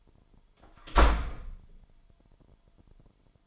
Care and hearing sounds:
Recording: daily activity, microphone in the room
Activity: close door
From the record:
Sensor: 5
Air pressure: 998.6 hPa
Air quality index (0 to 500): 81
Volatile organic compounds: 1 ppm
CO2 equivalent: 925 ppm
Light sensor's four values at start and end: 33/81/33/37 and 33/81/33/37

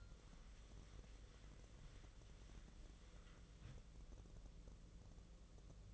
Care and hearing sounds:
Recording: daily activity, microphone in the room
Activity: wipe stove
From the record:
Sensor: 4

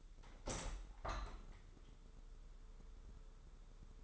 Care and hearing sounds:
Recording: daily activity, microphone in the room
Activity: open window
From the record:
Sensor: 3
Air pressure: 995.7 hPa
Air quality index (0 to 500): 97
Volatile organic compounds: 14 ppm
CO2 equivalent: 2436 ppm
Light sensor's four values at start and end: 27/82/34/30 and 28/83/35/30

